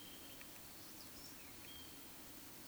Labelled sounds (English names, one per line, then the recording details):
Eurasian Woodcock whistle
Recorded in Baden-Württemberg, Germany, on 16 June 2020 at 20:09 UTC
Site 46874, 985 m above sea level